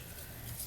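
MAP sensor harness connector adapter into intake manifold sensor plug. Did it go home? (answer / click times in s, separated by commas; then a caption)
no / none. A MAP sensor harness connector extension adapter is pushed onto the intake manifold sensor plug while installing an iBR BRZ manifold kit on a 2015+ WRX. Only a steady, faint low hum and broadband hiss are heard, with no sharp transient. Nothing has seated or clicked: the adapter fails to lock in however hard it is pushed and pulls straight back out.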